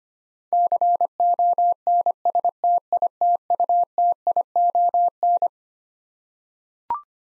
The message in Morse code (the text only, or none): CONSTITUTION